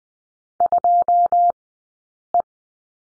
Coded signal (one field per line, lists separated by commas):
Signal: Morse code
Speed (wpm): 20 wpm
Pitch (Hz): 700 Hz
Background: none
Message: 2E